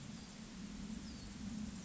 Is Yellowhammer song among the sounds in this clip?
no